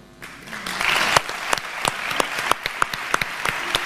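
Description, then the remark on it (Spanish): A crowd applauds a musician steadily, a dense wash of many hands clapping with sharper individual claps popping out at irregular moments, holding a fairly even loudness throughout. “Aplausos para el maestro”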